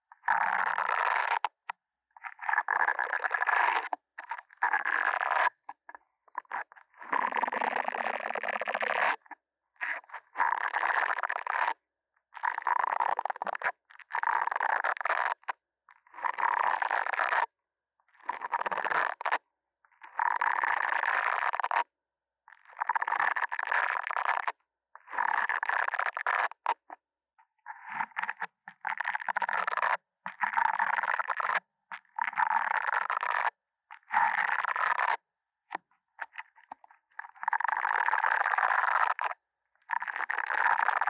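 Scratching and tapping on a mini mic comes in short scraping bursts about a second long, separated by brief silences, continuing steadily throughout.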